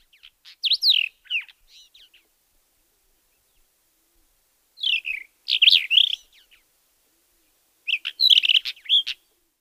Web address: Schulze Peter Persian Wheatear song